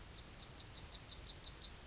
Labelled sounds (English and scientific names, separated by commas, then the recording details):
Yellowhammer (Emberiza citrinella) song
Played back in forest
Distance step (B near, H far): D
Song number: 002